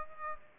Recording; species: mosquito wingbeat signal from an infrared sensor; Aedes aegypti